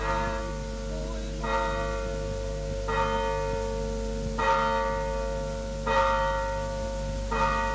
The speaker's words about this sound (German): Neun schlug die Glocke, als ich die Amme sandte.